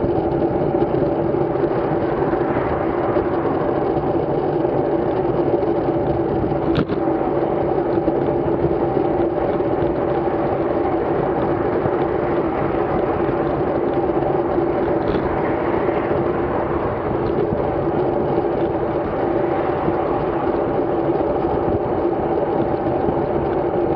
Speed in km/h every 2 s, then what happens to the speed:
31, 27, 33, 30, 35, 27, 29, 30, 33, 32, 31, 31.
0-8 steady at about 31. 8-11 slows to 27. 11-17 speeds up to 33. 17-24 steady at about 31.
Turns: none.